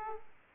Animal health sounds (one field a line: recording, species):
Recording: mosquito wingbeat signal from an infrared sensor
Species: Aedes aegypti